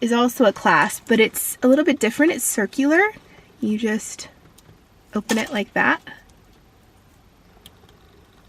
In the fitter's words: clicks into place it has many strands